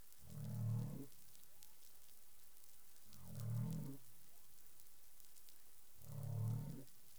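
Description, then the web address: Humpback whale making low, harmonic moaning calls, three pulses each a little under a second long, repeated roughly every three seconds over a steady underwater hiss. Caribbean; 20 April 2021 at 04:08 UTC. "humpback whale 20210420 040842 UTC"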